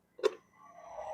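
A brush cutter part is handled and pressed toward the cutter's lock system during assembly, with a short sharp knock at 0.3 s followed by a rising low rustle and hum to the end. Nothing has seated or clicked yet.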